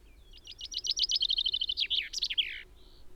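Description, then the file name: Common chaffinch singing a bright trill that drops in pitch and closes with a sharp ending flourish, followed by a short faint note. "Fringilla coelebs"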